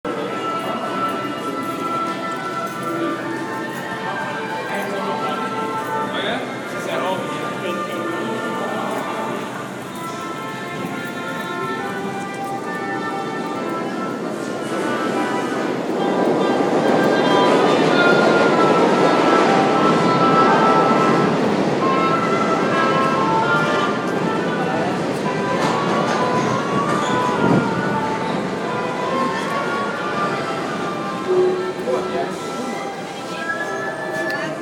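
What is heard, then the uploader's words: A busy subway station in New York, full of overlapping voices and footsteps with steady tones ringing above the crowd. Around sixteen seconds a louder, rushing roar swells in, likely a train, holding for several seconds before easing back to the station murmur. Union Square subway NYC by David Noël.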